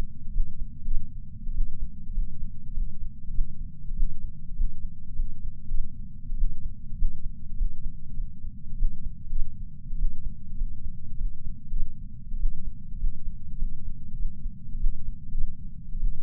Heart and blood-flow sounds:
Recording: heart sounds by patch sensor on the chest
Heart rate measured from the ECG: 100 bpm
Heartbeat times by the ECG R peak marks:
0.32 s: heartbeat
0.85 s: heartbeat
1.53 s: heartbeat
2.13 s: heartbeat
2.74 s: heartbeat
3.32 s: heartbeat
3.95 s: heartbeat
4.55 s: heartbeat
5.16 s: heartbeat
5.69 s: heartbeat
6.36 s: heartbeat
6.96 s: heartbeat
7.56 s: heartbeat
8.16 s: heartbeat
8.77 s: heartbeat
9.30 s: heartbeat
9.97 s: heartbeat
10.57 s: heartbeat
11.17 s: heartbeat
11.71 s: heartbeat
12.38 s: heartbeat
12.98 s: heartbeat
13.58 s: heartbeat
14.17 s: heartbeat
14.79 s: heartbeat
15.32 s: heartbeat
15.99 s: heartbeat
From the record:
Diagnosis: coronary artery disease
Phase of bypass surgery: postoperative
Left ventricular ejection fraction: 34.1%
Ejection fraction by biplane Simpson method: 29.5%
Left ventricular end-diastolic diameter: 66 mm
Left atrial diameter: 43 mm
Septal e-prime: 4.6 cm/s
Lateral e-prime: 6.7 cm/s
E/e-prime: 15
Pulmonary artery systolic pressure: 38 mmHg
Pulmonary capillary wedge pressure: 9 mmHg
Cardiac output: 3.4 L/min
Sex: male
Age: 47 years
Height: 180 cm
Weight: 90 kg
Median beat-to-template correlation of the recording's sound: 0.83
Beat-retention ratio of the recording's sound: 0.99

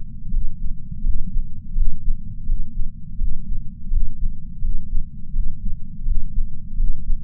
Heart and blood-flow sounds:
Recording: heart sounds by patch sensor on the chest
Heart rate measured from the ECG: 84 bpm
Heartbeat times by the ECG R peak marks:
0.31 s: heartbeat
1.03 s: heartbeat
1.75 s: heartbeat
2.47 s: heartbeat
3.18 s: heartbeat
3.90 s: heartbeat
4.62 s: heartbeat
5.33 s: heartbeat
6.05 s: heartbeat
6.77 s: heartbeat
From the record:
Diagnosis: coronary artery disease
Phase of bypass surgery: preoperative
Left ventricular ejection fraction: 63.3%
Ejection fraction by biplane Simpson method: 60.1%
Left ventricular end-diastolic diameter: 44 mm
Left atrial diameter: 34 mm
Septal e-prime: 5.7 cm/s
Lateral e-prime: 6.6 cm/s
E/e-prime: 12.8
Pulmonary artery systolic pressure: 18 mmHg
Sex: female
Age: 71 years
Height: 150 cm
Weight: 59 kg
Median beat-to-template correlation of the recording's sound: 0.93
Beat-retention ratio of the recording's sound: 0.99

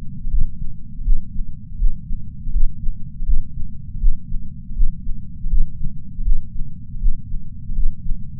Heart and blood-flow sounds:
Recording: heart sounds by patch sensor on the chest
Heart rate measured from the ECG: 81 bpm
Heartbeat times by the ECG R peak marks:
0.26 s: heartbeat
1.00 s: heartbeat
1.74 s: heartbeat
2.48 s: heartbeat
3.22 s: heartbeat
3.96 s: heartbeat
4.71 s: heartbeat
5.46 s: heartbeat
6.20 s: heartbeat
6.96 s: heartbeat
7.71 s: heartbeat
From the record:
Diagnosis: coronary artery disease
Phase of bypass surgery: intraoperative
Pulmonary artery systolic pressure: 21 mmHg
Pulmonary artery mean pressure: 15 mmHg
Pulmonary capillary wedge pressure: 10 mmHg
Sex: male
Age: 65 years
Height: 170 cm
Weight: 65 kg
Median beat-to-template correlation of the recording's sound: 0.94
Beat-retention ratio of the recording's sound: 0.99

